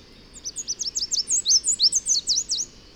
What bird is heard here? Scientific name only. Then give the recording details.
Basileuterus delattrii. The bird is a male. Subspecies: delattrii. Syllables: 15. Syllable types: 9. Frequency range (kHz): 3.3-9.0 kHz. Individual FV-D29-M